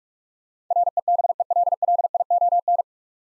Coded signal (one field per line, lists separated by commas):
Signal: Morse code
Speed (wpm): 44 wpm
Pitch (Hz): 700 Hz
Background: none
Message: REBELLION